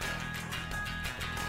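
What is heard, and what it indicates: A low, steady rumble with a gurgling, pulsing texture lasts about a second and a half with no speech. It is an adult man's stomach rumbling (borborygmi): gas and fluid moving through the gut, an everyday, harmless sound.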